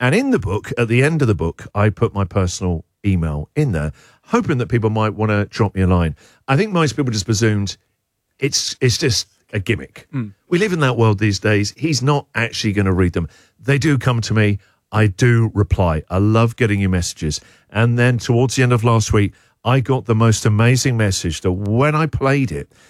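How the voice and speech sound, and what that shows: Fluent adult male speech from a radio host at a relaxed conversational pace, with natural pauses and an ordinary, clear voice.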